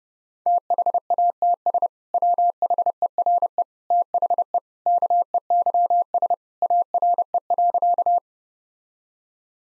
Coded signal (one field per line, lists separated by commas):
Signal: Morse code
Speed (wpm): 30 wpm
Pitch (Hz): 700 Hz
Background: none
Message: THATS WHERE THE KEYS ARE.